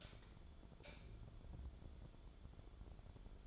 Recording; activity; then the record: daily activity, microphone in the room; light on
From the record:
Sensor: 5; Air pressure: 1010.3 hPa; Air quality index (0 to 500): 116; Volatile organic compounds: 2 ppm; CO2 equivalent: 1140 ppm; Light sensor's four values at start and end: 515/1322/545/618 and 516/1325/546/619